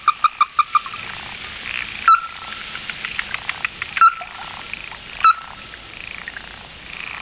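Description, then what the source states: Ruddy-breasted Crake call: a quick burst of short knocking notes at the start, then a few single hard notes spaced a second or two apart, with faint chirps behind. Described as a bird of Hokkaido, Japan.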